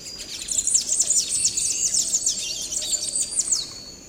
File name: Canto do sanhaco do coqueiro